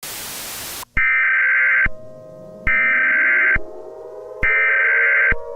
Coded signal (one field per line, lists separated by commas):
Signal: Emergency Alert System (SAME) tones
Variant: header bursts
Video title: EAS Scenario - The Evacuation Of Hawkins.(3-27-1986)